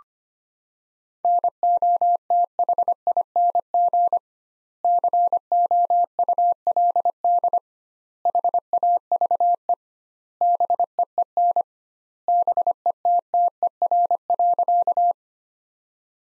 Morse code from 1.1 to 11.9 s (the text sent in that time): NOTHING COULD HAVE BEEN